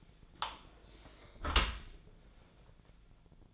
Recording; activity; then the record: daily activity, microphone in the room; close dishwasher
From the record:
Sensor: 5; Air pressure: 1000.6 hPa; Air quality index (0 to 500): 165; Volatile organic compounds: 2 ppm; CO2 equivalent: 1264 ppm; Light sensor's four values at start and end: 48/109/47/51 and 47/108/46/51